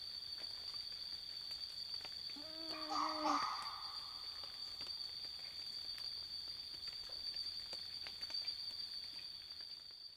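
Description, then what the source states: Red fox call: one brief whining tonal cry with harmonics, then a short rough burst, against a continuous high-pitched insect hum. Atypical red fox call; Dharug.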